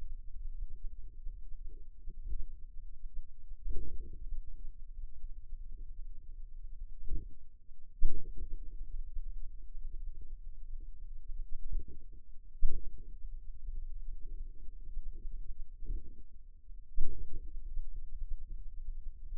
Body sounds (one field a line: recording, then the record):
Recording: forearm muscle sounds (acoustic myography)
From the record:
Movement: finger pinch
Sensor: system 2, bracelet of six BSWA MPA416 microphones around the upper forearm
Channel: 1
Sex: female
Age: 23 years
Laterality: right